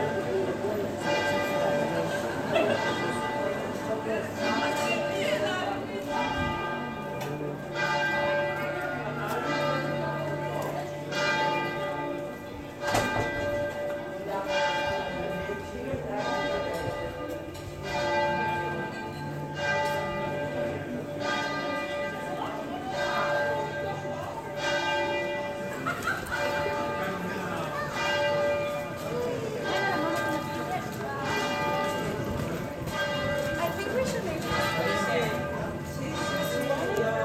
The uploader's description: A church bell in the evening in Venice